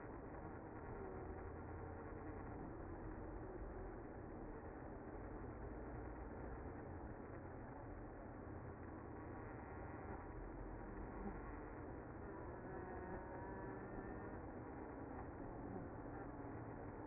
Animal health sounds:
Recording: honeybee colony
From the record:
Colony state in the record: active

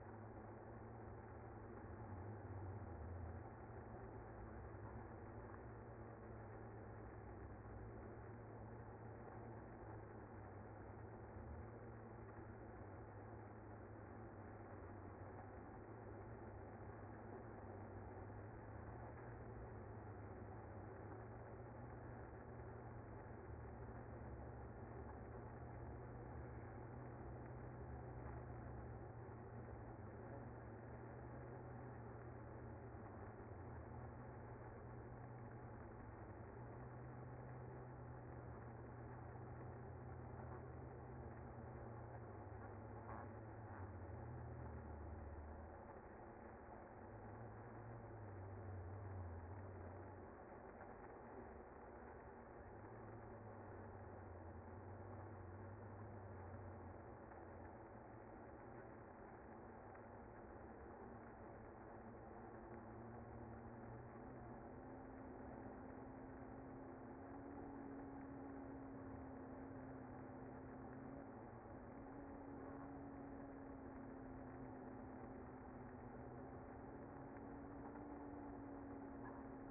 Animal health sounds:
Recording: honeybee colony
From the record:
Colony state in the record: active

